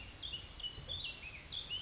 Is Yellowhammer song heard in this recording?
no